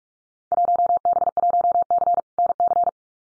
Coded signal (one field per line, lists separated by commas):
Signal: Morse code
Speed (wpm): 44 wpm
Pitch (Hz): 700 Hz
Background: none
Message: 1B1C NC